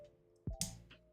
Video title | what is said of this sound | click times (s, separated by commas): MGEX Strike Freedom Live Build Stream Part 1 w/ Jess | there we go there's a click there was a click right there | 0.6 s